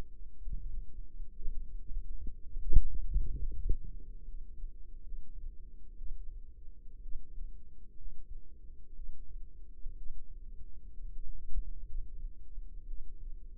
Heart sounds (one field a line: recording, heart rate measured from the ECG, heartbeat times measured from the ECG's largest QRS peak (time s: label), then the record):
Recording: heart sounds by microphone in the left ear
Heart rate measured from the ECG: 62 bpm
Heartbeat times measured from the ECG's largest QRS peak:
0.38 s: heartbeat
1.33 s: heartbeat
2.42 s: heartbeat
3.41 s: heartbeat
4.24 s: heartbeat
5.02 s: heartbeat
5.96 s: heartbeat
7.02 s: heartbeat
7.97 s: heartbeat
8.95 s: heartbeat
9.96 s: heartbeat
10.94 s: heartbeat
11.85 s: heartbeat
12.86 s: heartbeat
From the record:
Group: healthy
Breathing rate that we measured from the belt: 17 breaths a minute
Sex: female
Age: 28 years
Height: 170 cm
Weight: 77 kg